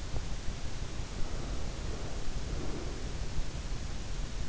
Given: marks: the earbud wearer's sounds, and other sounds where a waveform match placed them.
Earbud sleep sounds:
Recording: sounds in sleep by an in-ear microphone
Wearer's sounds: breath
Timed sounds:
1.58-3.18 s: breath

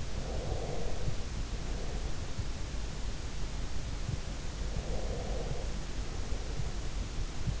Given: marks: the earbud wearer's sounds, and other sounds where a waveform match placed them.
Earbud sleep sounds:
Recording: sounds in sleep by an in-ear microphone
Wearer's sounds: breath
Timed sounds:
0.00-2.47 s: breath
4.68-6.95 s: breath

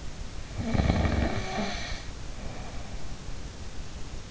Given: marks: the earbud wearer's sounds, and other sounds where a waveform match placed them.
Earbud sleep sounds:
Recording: sounds in sleep by an in-ear microphone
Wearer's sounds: snoring breath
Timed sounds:
0.58-3.21 s: snoring breath

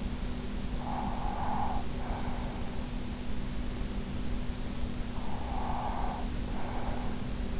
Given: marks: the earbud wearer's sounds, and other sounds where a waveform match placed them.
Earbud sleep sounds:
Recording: sounds in sleep by an in-ear microphone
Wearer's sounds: breath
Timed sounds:
0.43-2.92 s: breath
4.89-7.60 s: breath

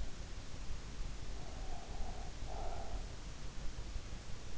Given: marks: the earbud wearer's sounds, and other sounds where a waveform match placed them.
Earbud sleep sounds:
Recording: sounds in sleep by an in-ear microphone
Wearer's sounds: breath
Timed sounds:
1.42-3.18 s: breath

